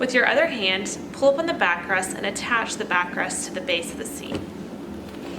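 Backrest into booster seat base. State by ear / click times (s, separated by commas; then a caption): not seated / none. A plastic backrest is pulled up and attached to the base of a Graco Nautilus SnugLock booster car seat while someone talks throughout. Nothing has seated or clicked yet; the backrest is handled but not yet home.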